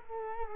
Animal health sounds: mosquito wingbeat signal from an infrared sensor; Culex quinquefasciatus

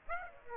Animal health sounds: mosquito wingbeat signal from an infrared sensor; Aedes aegypti

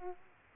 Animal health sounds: mosquito wingbeat signal from an infrared sensor; Aedes aegypti

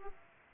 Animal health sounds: mosquito wingbeat signal from an infrared sensor; Aedes aegypti

